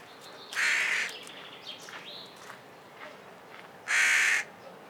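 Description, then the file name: Carrion crow producing two rough, rasping caws about three seconds apart, with faint thin bird notes between them. "Corvus corone"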